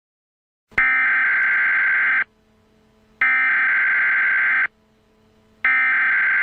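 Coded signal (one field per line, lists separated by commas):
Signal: Emergency Alert System (SAME) tones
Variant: header bursts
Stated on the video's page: Fictional EAS scenario.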